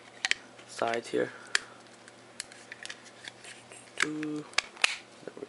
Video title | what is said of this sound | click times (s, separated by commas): Luxa 2 PH1, PH3, PH4 Case Reviews | there we go it snaps into place as you guys can see | 4.8 s